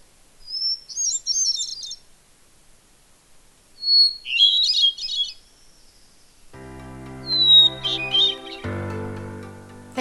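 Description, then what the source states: Hermit thrush song: two clear phrases, each a held whistle followed by rapid trills, then a third phrase over low steady tones. Sung in spring.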